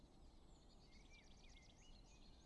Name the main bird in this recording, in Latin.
Turdus merula